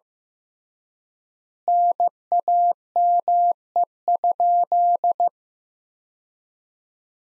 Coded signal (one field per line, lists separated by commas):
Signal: Morse code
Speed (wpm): 15 wpm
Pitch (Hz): 700 Hz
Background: none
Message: NAME?